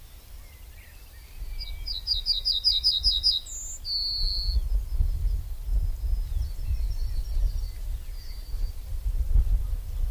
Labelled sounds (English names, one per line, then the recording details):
Yellowhammer song
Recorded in the wild
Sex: male
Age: adult
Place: Lübars (Fließtal), Berlin, DE
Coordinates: 52.6167, 13.35
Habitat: meadow
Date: 1996-06-23 14:59
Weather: cloudy, 15°C
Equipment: Sony MD-WM MZ-R3, Sennheiser MKH 416 T, Kopie Uher 4000 Report Monitor
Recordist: Tembrock, Günter